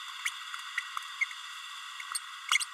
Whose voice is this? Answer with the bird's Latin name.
Forpus passerinus